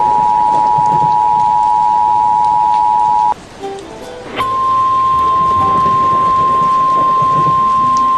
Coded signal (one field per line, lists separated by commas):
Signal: Emergency Alert System (SAME) tones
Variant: 853 and 960 Hz attention tone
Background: music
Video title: [Made with KineMaster 5] EAS Mock: Clarksville Tornado